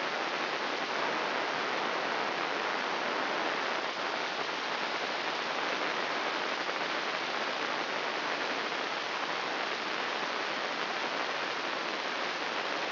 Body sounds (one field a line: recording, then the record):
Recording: brain microelectrode recording played as sound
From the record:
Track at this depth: outside the subthalamic nucleus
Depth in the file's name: -0.084 mm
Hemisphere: left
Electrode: 3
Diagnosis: Parkinson's disease